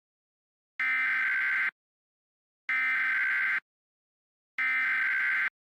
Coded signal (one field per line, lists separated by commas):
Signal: Emergency Alert System (SAME) tones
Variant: header bursts